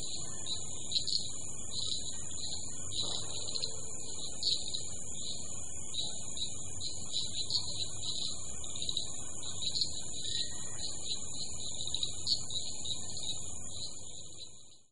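Common shrub frog calling in a fast series of short, chirping notes, with a steady high hiss beneath.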